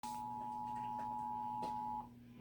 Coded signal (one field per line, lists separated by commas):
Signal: Emergency Alert System (SAME) tones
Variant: 853 and 960 Hz attention tone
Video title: EAS Flash Flood Warning (July 12th, 2021) #2